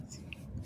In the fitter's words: you hear that click